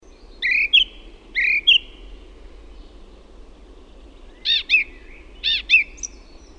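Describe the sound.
Song thrush song with phrases given twice over: a whistled two-part phrase repeated about a second apart, a pause, then a sharper ringing phrase also repeated twice.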